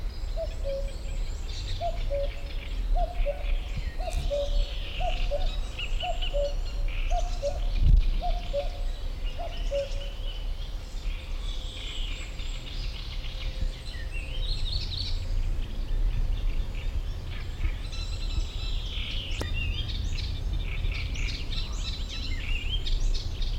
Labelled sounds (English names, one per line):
Great Reed Warbler